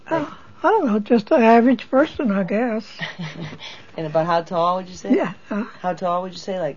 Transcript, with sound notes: Ah, I don't know, just an average person, I guess.
(laughs) And about how tall would you say? How tall would you say?